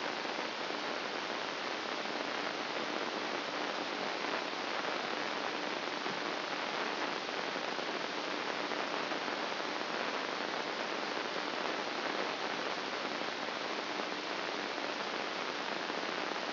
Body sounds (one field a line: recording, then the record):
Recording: brain microelectrode recording played as sound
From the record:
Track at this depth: inside the subthalamic nucleus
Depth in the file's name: 8.137 mm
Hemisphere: left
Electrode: 2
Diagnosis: Parkinson's disease